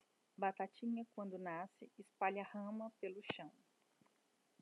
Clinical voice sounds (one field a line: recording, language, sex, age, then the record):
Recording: short text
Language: Brazilian Portuguese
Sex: female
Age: 30 to 39 years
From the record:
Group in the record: control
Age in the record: 33 years